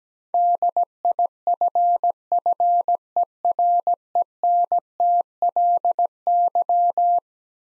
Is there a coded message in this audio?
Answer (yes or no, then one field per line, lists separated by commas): yes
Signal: Morse code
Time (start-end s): 0.3-7.2 s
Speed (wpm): 17 wpm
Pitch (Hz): 700 Hz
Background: none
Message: DIFFERENTLY